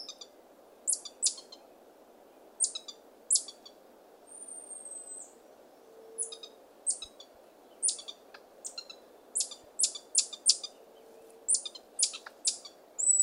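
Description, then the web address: Buffy-headed marmoset making sharp, very high clipped chirps, singly and in quick bursts, with one drawn-out high whistle among them, over faint hiss. South American rainforest primate. "Nature Songs S America Primates of the Rainforest Buffy-headed marmoset"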